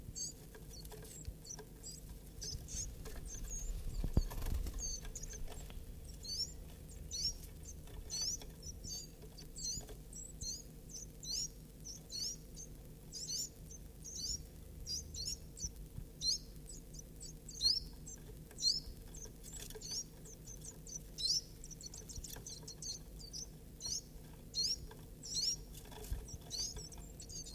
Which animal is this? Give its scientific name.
Phylloscopus ibericus